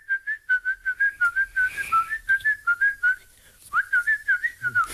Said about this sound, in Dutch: Het geluid van je jeugd. Mm-hmm. Klonk het ook echt zo? Nee, ik denk dat mijn opa mooier kon fluiten. Ja. Ja, want je zei dat moet mijn fluitende opa zijn.